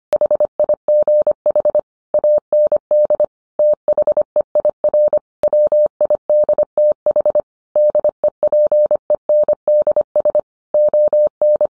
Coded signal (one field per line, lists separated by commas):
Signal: Morse code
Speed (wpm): 25 wpm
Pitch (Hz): 600 Hz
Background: none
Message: HIGH AND THEIR WIDTH DEPENDS ON